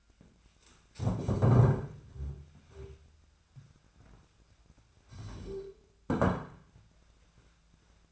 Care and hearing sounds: daily activity, microphone in the room; stand up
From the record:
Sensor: 2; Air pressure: 1007.8 hPa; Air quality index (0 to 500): 179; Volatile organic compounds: 10 ppm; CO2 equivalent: 2204 ppm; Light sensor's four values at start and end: 8/21/8/8 and 8/20/8/8

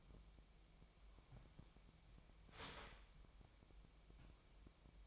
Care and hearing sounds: daily activity, microphone in the room; start toaster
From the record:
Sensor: 1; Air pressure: 1002.0 hPa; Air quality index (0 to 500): 239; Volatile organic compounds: 44 ppm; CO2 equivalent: 3205 ppm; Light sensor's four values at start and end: 10/35/12/14 and 10/35/13/14

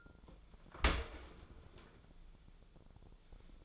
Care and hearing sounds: daily activity, microphone in the room; open dishwasher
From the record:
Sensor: 5

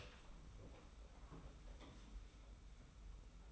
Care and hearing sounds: daily activity, microphone in the room; open door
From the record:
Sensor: 1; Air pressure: 991.6 hPa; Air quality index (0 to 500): 125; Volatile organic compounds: 284 ppm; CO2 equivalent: 4446 ppm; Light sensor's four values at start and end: 33/109/42/44 and 33/109/42/43

